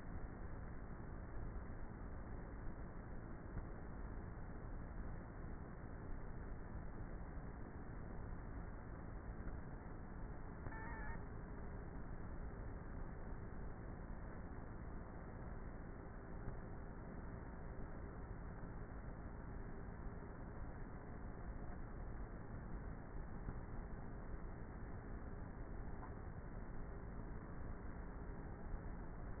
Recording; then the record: honeybee colony, microphone inside the hive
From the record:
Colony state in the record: queenless with a low population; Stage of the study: before two queens were removed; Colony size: about 30,000 bees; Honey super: no